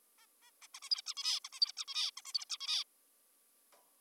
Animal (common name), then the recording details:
Zebra Finch. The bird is an adult. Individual g19o3U